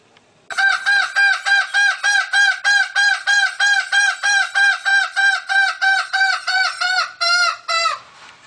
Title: Suara Ayam Hutan Betina. suara ayam hutan hijau